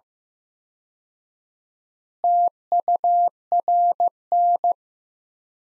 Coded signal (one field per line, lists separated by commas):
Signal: Morse code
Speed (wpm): 15 wpm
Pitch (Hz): 700 Hz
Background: none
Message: TURN